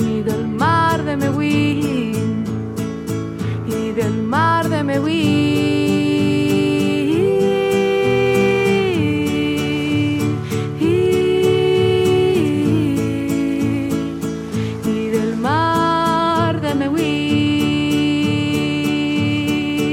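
A song by a Mapuche singer plays steadily at full volume, a sung melody gliding between sustained notes over a dense, even instrumental backing, with no talking over it.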